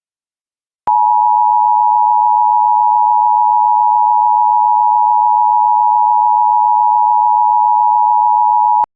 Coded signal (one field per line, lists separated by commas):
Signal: Emergency Alert System (SAME) tones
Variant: 853 and 960 Hz attention tone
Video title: EAS Fire Warning Berkeley County, South Carolina (Cross Woods Fire) Moncks Corner, SC